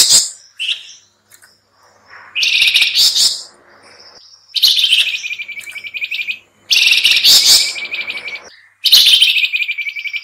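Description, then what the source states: Sooty-headed bulbul chattering calls: loud, harsh, bubbly bursts lasting one to two seconds, repeated about every two seconds, with brief high twitters between them. Lure recording (pikat) in a noisy, combined calling style.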